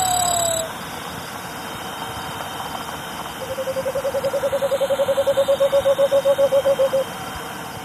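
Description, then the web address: Cinnamon screech owl song: a short burst of noise opens, then after a pause a rapid run of low hoots builds in loudness for about three and a half seconds. Recorded in Ecuador. "Birds of Ecuador. Cinnamon Screech-Owl"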